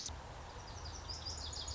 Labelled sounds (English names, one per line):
Lazuli Bunting